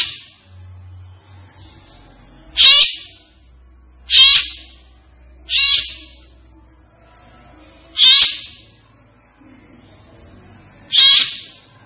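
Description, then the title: Grey-cheeked bulbul uttering five short harsh chattering bursts at uneven intervals, with a constant high-pitched whine behind. Captive bird singing energetically and excitedly, as tutoring material (masteran) for training other caged birds. "Cucak Jenggot Gacor. Cucak Jenggot Emosi Untuk Masteran"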